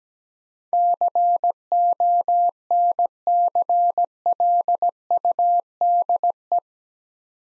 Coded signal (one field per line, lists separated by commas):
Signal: Morse code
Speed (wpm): 17 wpm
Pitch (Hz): 700 Hz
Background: none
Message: CONCLUDE